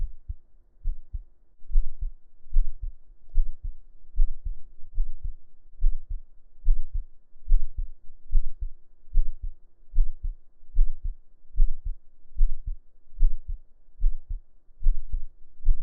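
Steady, regular heartbeat at about 74 beats a minute, each beat a soft paired lub-dub of low thumps, heard up close by lying on the chest under the shirt. A faint steady hum runs underneath.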